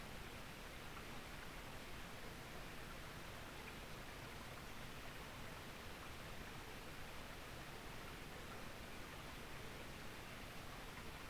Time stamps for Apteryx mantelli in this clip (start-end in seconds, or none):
none